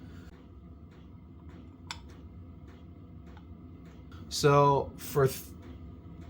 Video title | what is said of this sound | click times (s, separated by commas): 02 Arctic Cat ZR 800 CCE Rebuild Part 22 -- Replacing Mikuni TM Slide Valves | And I also like to unscrew them when I first put them in, and you'll hear it click. | 1.9 s